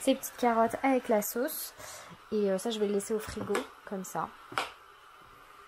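A plastic lid is handled over a child's lunch/food container holding carrots with sauce, about to be pressed on before the container goes into the fridge. Someone talks throughout, with a few brief handling noises between words. The clip ends before the lid clips shut, so nothing has seated yet.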